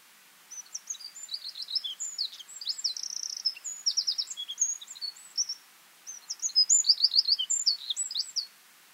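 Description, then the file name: Eurasian wren delivering two loud, hurried songs of piercing chips and quick trills, with a brief gap between them. "Troglodytes troglodytes"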